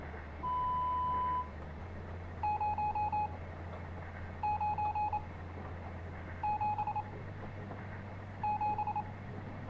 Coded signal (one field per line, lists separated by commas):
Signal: Morse code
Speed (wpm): 27 wpm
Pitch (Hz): 840 Hz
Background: none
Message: 0 9 7 7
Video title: Stories Untold (Full Playthrough) - WARNING: Flashing Lights